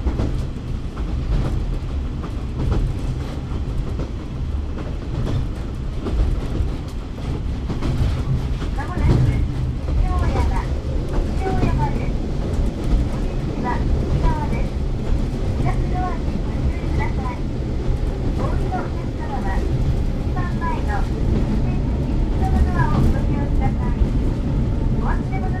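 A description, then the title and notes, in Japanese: Inside a train heading to Nishi-Oyama Station, a steady low rumble and rattle of the carriage runs throughout at an even loudness. Faint voices of passengers surface intermittently from about nine seconds on, scattered over the constant drone. 指宿枕崎線 5321D（キハ140-2061）大山-西大山。This is the JR Kyushu Ibusukimakurazaki Line, which runs at the southernmost tip of the JR Line.The sound inside the train heading to Nishi-Oyama Station。西大山へ向かう車内音。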